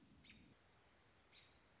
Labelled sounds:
American Robin (Turdus migratorius)

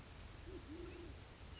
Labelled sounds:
Band-tailed Pigeon (Patagioenas fasciata)

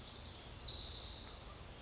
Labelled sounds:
Spotted Towhee (Pipilo maculatus)

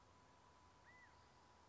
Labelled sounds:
California Quail (Callipepla californica)

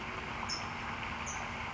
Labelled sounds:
California Towhee (Melozone crissalis)

